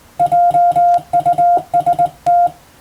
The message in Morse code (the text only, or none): JUST